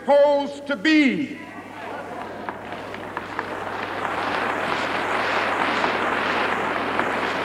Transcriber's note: soundbite of crowd clapping